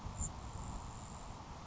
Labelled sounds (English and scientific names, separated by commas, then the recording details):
Grasshopper Sparrow (Ammodramus savannarum)
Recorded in Sonoma County, California